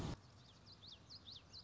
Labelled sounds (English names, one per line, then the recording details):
Common Yellowthroat
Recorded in Sonoma County, California